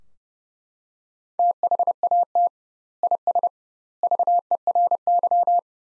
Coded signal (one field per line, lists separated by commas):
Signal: Morse code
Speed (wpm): 32 wpm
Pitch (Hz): 700 Hz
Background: none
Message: THAT IS VERY